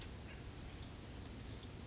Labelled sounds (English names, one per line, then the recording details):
Chestnut-backed Chickadee
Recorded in Sonoma County, California